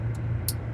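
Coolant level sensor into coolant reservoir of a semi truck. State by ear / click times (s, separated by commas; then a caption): seated / 0.5 s. A new low coolant level sensor is slid into the coolant reservoir of a 2019 Freightliner Cascadia semi truck, replacing an old one that had become burnt or damaged and stopped reading right. A steady low hum runs underneath, with a faint tick near 0.2 s and a sharp bright snap at 0.5 s. The sensor snaps into place and is seated.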